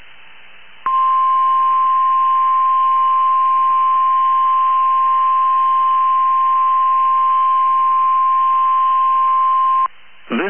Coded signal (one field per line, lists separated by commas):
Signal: Emergency Alert System (SAME) tones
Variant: 1050 Hz attention tone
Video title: 12/21/22 THE BEST WAY TO SPREAD CHRISTMAS CHEER IS TO SEND RWT'S FOR ALL TO HEAR!!! EAS#292